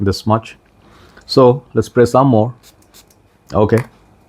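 A decorative cap is being handled over the sprayer neck of a Lattafa Rave Rage perfume bottle while someone talks. Two brief faint taps sound near 2.8 s and 3.1 s. Nothing has seated or clicked yet.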